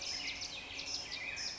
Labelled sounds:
Black-headed Grosbeak
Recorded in Sonoma County, California

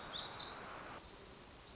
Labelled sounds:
Black-throated Gray Warbler
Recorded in Sonoma County, California

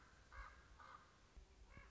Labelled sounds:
Common Raven
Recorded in Sonoma County, California

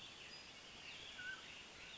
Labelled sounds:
Mountain Quail
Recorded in Sonoma County, California

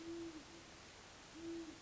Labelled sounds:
Great Horned Owl
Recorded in Sonoma County, California

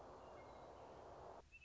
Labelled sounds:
Western Meadowlark
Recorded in Sonoma County, California

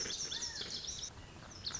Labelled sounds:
Lazuli Bunting
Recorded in Sonoma County, California

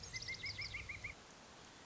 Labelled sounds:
Pileated Woodpecker
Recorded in Sonoma County, California

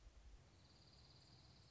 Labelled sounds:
Dark-eyed Junco
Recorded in Sonoma County, California

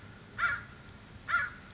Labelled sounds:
American Crow
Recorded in Sonoma County, California

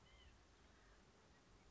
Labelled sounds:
White-breasted Nuthatch
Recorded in Sonoma County, California

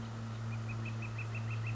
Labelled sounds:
Northern Flicker
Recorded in Sonoma County, California

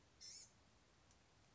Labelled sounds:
Blue-gray Gnatcatcher
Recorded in Sonoma County, California

